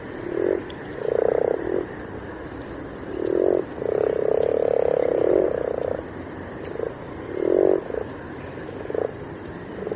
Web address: hlehto aania sammakko sammakko kaarina 00 h 28 m 51 s 25 apr 2009